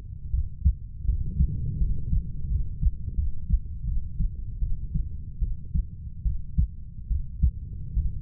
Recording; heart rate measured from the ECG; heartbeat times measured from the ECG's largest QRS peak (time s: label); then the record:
heart sounds by stethoscope; 79 bpm
0.31 s: heartbeat
1.06 s: heartbeat
1.79 s: heartbeat
2.48 s: heartbeat
3.15 s: heartbeat
3.85 s: heartbeat
4.60 s: heartbeat
5.40 s: heartbeat
6.23 s: heartbeat
7.08 s: heartbeat
7.94 s: heartbeat
From the record:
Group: healthy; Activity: cold pressor test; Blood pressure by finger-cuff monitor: 124/48 mmHg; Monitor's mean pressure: 80 mmHg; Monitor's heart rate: 71 bpm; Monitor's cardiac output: 10.2 L/min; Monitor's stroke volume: 133 mL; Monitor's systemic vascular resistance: 550 dyn s/cm5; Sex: female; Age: 32 years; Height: 168 cm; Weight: 61.9 kg